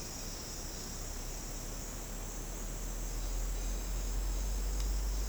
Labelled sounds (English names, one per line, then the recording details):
none
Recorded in secondary vegetation near Puerto Asís, Putumayo, Colombia, on 8 March 2025 at 10:30
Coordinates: 0.485, -76.322
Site G040